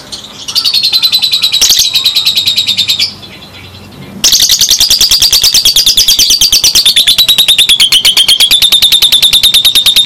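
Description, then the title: Java sparrow song: a rapid, buzzy trill of high notes that breaks off briefly, then resumes as a long, steady rattling trill. "kicau gelatik"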